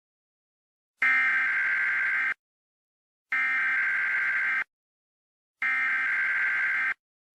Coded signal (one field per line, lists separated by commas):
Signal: Emergency Alert System (SAME) tones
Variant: header bursts